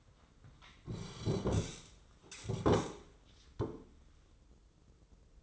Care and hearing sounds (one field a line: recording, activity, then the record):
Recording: daily activity, microphone in the room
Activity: sit down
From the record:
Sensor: 3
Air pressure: 996.0 hPa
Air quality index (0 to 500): 245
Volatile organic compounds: 1000 ppm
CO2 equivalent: 6261 ppm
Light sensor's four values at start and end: 36/86/38/41 and 38/93/41/44